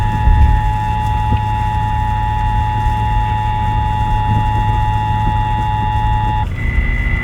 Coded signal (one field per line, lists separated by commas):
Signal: Emergency Alert System (SAME) tones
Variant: 853 and 960 Hz attention tone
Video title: Severe Thunderstorm Warning with TP tag | EAS #119